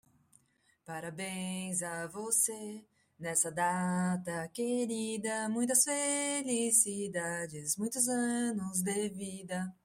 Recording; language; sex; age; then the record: short text; Brazilian Portuguese; female; 40 to 49 years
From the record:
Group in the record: control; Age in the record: 44 years